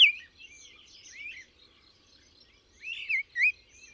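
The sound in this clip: Bird song, a loud sharp note, then soft warbling twitters, followed by two louder slurred whistles near the end.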